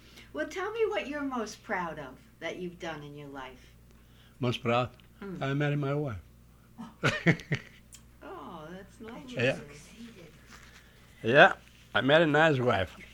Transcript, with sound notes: Well tell me what you're most proud of that you've done in your life.
Most proud?. I marry my wife. [laughs]
Oh, that's lovely..
Yep, I marry nice wife..